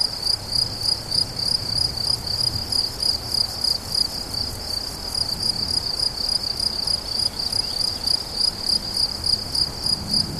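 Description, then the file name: Cricket song made of rapid shrill chirps repeated steadily about three times a second, with faint low rumbling in the background. Several crickets recorded 17 July 2013 at La Fortiche, with an MZ-N710 recorder. "grillons la fortiche"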